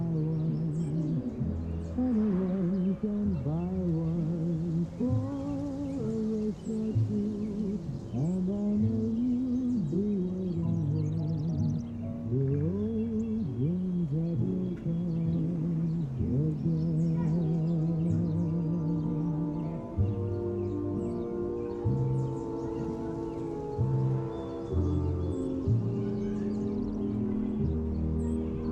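Summer oldies playing in another room, a muffled, steady song with a low bass line, a swooping vocal melody and continuous backing throughout.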